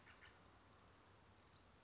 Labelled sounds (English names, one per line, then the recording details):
Western Flycatcher
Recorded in Sonoma County, California